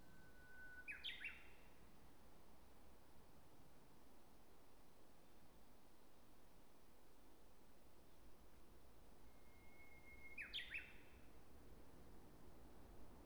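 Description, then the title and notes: Japanese bush warbler gives two songs about nine seconds apart, each a drawn-out whistle followed by a fast warbled flourish, against low steady hiss. Recorded at Polan Square near the Miyazawa Kenji Memorial Museum parking lot, National Route 456, Hanamaki, Iwate, Japan, using a DR-07XP recorder. "宮沢賢治記念館駐車場, 国道456号, 花巻市, 岩手県, 日本 - uguisu in Polan Square. uguisu(鶯)=Horornis diphone"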